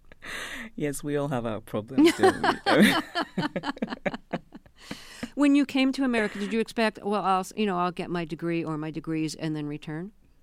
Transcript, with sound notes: Yes, we all have our problems, don't we?
(LAUGHTER)
When you came to America, did you expect, well, you know, I'll get my degree or my degrees and then return?